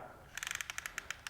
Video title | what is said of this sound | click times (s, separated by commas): Our Town Show 32 (part 2) Child Car Seats - 2008 | you hear that clicking sound and that tells you that it's a switchable retractor | 0.4 s, 0.6 s, 0.7 s, 1.0 s, 1.1 s